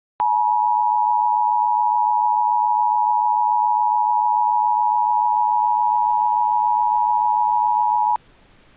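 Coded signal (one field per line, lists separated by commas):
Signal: Emergency Alert System (SAME) tones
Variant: 853 and 960 Hz attention tone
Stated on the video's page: Simulated EAS scenario.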